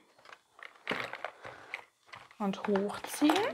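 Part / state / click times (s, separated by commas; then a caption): plastic fold-out frame of a tabletop ball game, latching into its base / not seated / none. The plastic fold-out frame of a Connect Four Action tabletop ball game is handled, with short crinkling and clattering plastic sounds as it is folded down and pulled up toward its base, while someone talks. Nothing has seated or clicked into place yet; the clip ends just before the frame latches.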